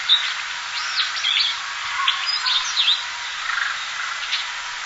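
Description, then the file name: Daurian redstart giving sharp high chirps and looping whistled notes scattered throughout, with a steady hiss behind. "joubitaki"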